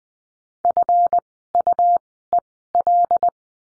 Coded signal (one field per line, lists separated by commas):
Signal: Morse code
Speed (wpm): 20 wpm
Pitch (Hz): 700 Hz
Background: none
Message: FUEL